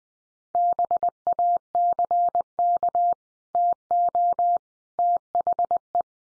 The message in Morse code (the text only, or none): BACK TO THE